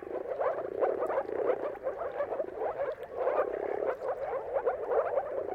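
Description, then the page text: Moor frogs in a dense chorus of many low, muffled bubbling notes. Moor frogs giving mating calls in a dawn chorus at sunrise, around the turn of March and April depending on weather; recorded by Jakub Orzecki. "Jakub-Orzecki moor frogs. Dawn’s Chorus: Mating Calls of Marsh Frogs at Sunrise. Depending on the weather at the turn of March and April, you can witness an amazing spectacle of moor frogs"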